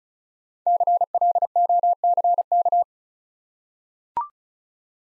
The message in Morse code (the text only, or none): CLOCK